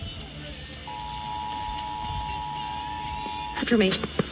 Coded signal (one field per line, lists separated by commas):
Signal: Emergency Alert System (SAME) tones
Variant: 853 and 960 Hz attention tone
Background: speech, music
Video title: EAS #113/131 | Monthly Test Alerts 8/1/2023 & 8/2/2023